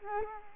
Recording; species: mosquito wingbeat signal from an infrared sensor; Culex quinquefasciatus